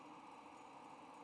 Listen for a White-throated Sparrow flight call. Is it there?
no